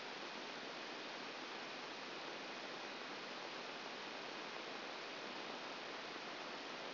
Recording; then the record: brain microelectrode recording played as sound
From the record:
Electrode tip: outside the subthalamic nucleus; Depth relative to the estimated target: -2 mm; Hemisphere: left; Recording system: AlphaMap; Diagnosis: Parkinson's disease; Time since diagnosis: 10 years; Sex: female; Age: 63 years